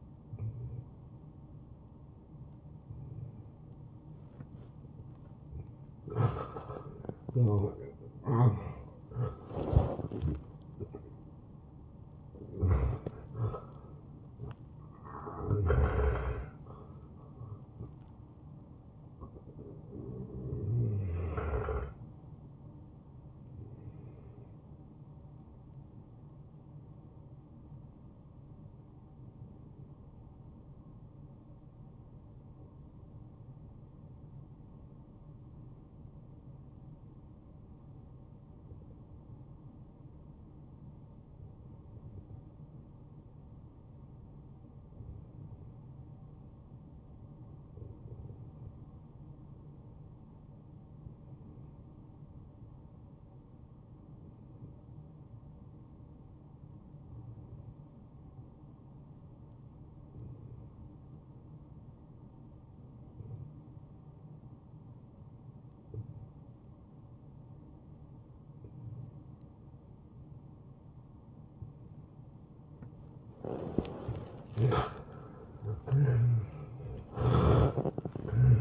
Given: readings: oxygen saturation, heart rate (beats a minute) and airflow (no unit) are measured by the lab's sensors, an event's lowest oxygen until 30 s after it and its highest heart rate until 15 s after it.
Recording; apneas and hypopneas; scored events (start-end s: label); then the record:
breathing in sleep by a smartphone at the bedside; 1
27.00-74.30 s: hypopnea (N1, oxygen 97% highest, then 88% lowest)
34.00-64.00 s: new sleep stage, N2 (light sleep)
64.00-78.61 s: new sleep stage, N1 (lightest sleep)
From the record:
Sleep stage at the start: N1 (lightest sleep); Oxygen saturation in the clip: 91 to 97%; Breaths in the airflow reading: 19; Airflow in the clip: -14.9 to 8.9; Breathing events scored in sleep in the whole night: 263 in 5.5 hours asleep